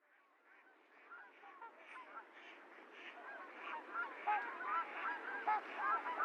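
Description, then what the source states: Trumpeter swans honking, the chorus fading in from quiet and growing steadily louder, with repeated nasal notes. Recorded 28 January 2022; low-cut filtered; several swans.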